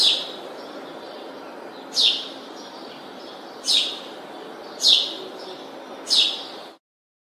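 House sparrow calls: five sharp descending chirps at uneven gaps of one to two seconds, with a constant low hiss underneath.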